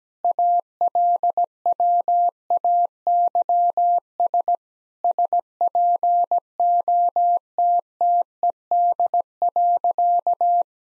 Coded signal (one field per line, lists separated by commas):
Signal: Morse code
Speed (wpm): 17 wpm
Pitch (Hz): 700 Hz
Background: none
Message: ALWAYS SPOTTED.